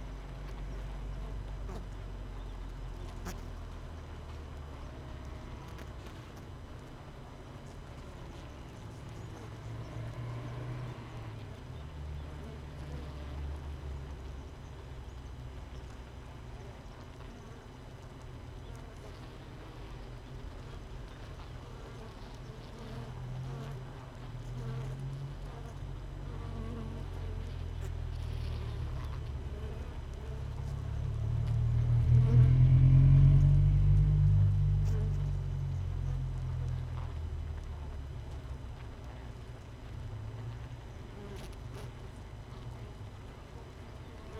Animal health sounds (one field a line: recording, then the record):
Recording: honeybee colony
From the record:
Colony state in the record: missing queen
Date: 31 May 2018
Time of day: 6:38